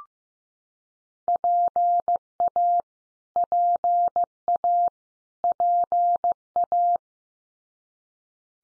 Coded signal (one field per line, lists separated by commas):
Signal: Morse code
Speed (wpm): 15 wpm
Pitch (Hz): 700 Hz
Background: none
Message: PA PA PA